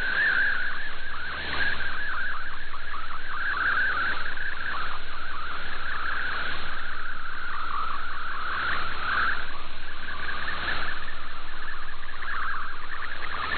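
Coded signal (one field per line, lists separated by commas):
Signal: multi-tone FSK (Olivia or MFSK type)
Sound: rapid warbling, burbling tones hopping within a narrow band, steady throughout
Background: shortwave static, fading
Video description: I precociously prepared to switch to MFSK64 manually, even though it was not required, as well as a switch back to MFSK32.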